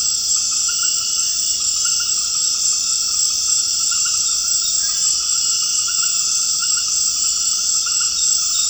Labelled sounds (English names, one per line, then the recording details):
none
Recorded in secondary vegetation near Puerto Asís, Putumayo, Colombia, on 21 March 2025 at 19:00
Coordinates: 0.502, -76.326
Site G100